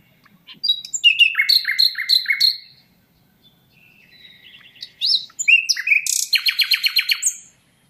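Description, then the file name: Common nightingale singing two rich phrases of repeated descending notes, separated by a short quiet pause. "Luscinia megarhynchos"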